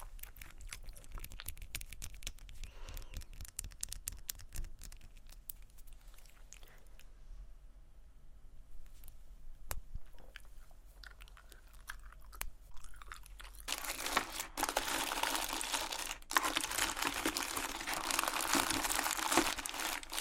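Candy wrapper crinkling and light tapping come in quick, uneven bursts, then turn into a dense, bright rustle after about fourteen seconds.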